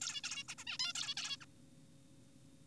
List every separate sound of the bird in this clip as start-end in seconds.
0.01-0.21, 0.24-0.43, 0.49-0.55, 0.58-0.64, 0.67-0.78, 0.80-0.93, 0.95-1.15, 1.17-1.37, 1.41-1.45